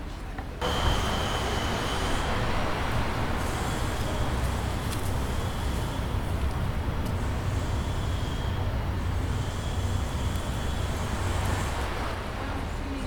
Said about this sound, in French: Là, tu vois, on entend beaucoup le bruit de la circulation.